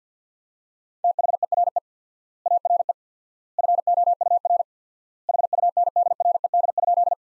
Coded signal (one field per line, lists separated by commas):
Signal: Morse code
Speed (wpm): 50 wpm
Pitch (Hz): 700 Hz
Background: none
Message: THERE ARE FOUR HUNDRED?